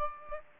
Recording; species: mosquito wingbeat signal from an infrared sensor; Aedes aegypti